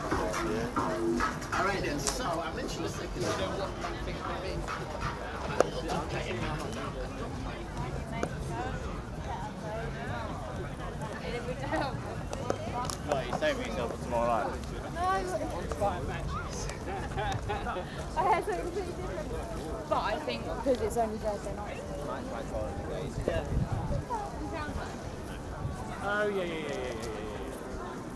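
A night walk through the Glastonbury festival grounds, from the big GLASTONBURY sign by the Park Stage toward a tent. Many overlapping voices chatter continuously with no pauses, a dense, steady crowd murmur. Occasional sharp knocks and footstep-like thuds punctuate it throughout.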